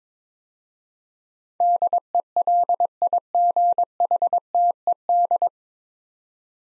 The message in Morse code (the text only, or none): DELIGHTED